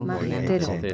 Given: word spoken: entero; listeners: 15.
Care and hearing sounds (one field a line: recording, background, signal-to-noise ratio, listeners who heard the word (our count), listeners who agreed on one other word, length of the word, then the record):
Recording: one Spanish word in noise, from a listening test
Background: four-talker babble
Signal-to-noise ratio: 0.8 dB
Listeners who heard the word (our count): 0 of 15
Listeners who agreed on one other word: 8 of 15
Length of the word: 0.54 s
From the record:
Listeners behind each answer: 8, 2, 1, 1, 1, 1, 1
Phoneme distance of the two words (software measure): 28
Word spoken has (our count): 3 syllables, 6 phonemes, stress on syllable 2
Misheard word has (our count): 4 syllables, 8 phonemes, stress on syllable 3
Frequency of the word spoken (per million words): 33.88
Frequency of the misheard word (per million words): 1.59